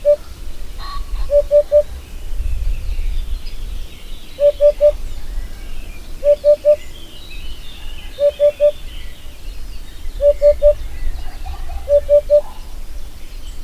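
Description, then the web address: Eurasian hoopoe hooting a steady series of low, soft triple notes over faint background noise. "agykontroll Madardalok Cd 2. Búbosbanka"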